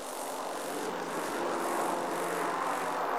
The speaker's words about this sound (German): Der Lärm der startenden Flugzeuge hatte schon die meisten Menschen aufgeweckt.